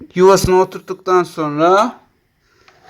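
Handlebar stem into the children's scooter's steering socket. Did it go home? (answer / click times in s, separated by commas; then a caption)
yes / 2.7 s. Someone talks for about two seconds while the steering handlebar stem of a Baby Hope Ümit children's bike scooter is lined up red mark to red mark and pushed down into its plastic steering socket. After a brief quiet, a short, faint click is heard at 2.7 s as the stem seats and everything is fine.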